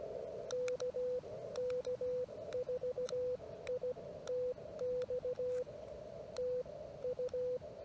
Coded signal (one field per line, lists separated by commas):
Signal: Morse code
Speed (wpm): 17 wpm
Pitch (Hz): 500 Hz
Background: radio noise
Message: KK4ITX TU